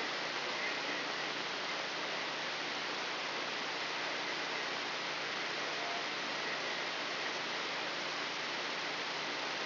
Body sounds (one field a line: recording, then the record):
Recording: brain microelectrode recording played as sound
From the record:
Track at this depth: inside the subthalamic nucleus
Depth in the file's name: 3.908 mm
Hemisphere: left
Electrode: 3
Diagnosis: Parkinson's disease